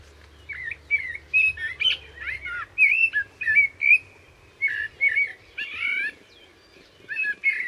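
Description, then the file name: Common blackbird song, continuous mellow warbling whistles with occasional higher squeaky notes, phrases coming in quick succession. "Turdus merula"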